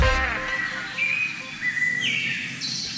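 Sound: bird song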